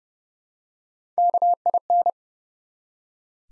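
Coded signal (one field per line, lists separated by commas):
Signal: Morse code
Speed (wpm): 30 wpm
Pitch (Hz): 700 Hz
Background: none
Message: KIN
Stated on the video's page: Morse practice at 30 wpm, building four-letter words one letter at a time for instant character recognition.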